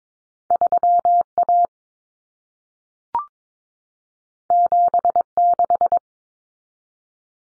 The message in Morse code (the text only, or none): 3A 76